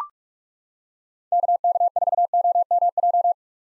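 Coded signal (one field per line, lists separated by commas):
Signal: Morse code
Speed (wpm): 44 wpm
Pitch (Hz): 700 Hz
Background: none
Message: KK4OMJ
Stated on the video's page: Morse practice at 45wpm sending common POTA hunter callsigns, each sent, spoken, then sent again.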